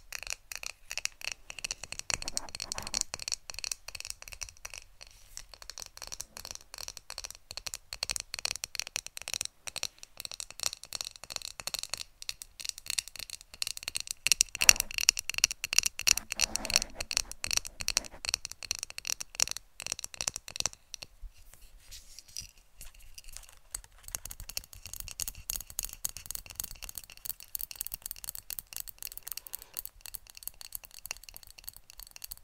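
Rapid ASMR tapping, a dense, fast patter of crisp, bright clicks that rattles on almost without pause. The taps run steadily for about twenty seconds, thin out briefly around the 21-second mark, then resume lighter and a little sharper to the end.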